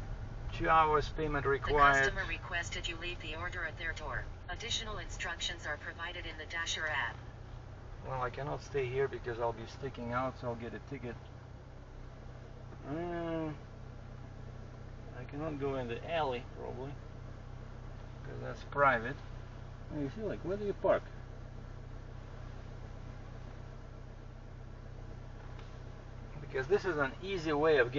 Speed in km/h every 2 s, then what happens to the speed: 12, 11, 8, 7, 7, 3, 0, 0, 0, 0, 0, 0, 0, 0.
0-11 slows to 0. 11-28 standing.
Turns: none.